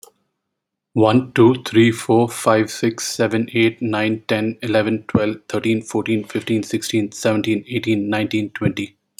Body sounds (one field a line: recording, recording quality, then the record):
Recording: counting at a fast pace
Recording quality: excellent, no background noise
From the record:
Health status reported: healthy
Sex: male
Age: 34 years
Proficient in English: yes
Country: India